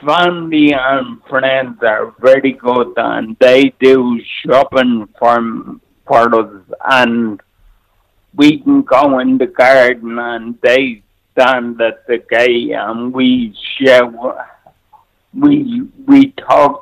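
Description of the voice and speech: Slow, effortful speech from a 48-year-old man with cerebral palsy, with stretched sounds, nasal vowels and long pauses, fitting dysarthria.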